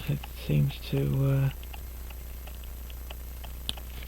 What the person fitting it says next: oh I heard it snap